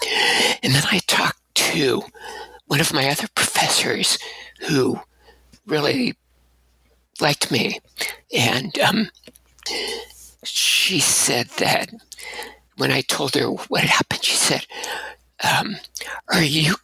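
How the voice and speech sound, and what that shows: Adult male speech-language pathologist with abductor spasmodic dysphonia and vocal tremor. Speech is broken into short staccato bursts separated by frequent pauses, with a breathy, shaky voice and unstable pitch, as the vocal folds open involuntarily. The significant tremor followed two surgeries, the last 12 years earlier.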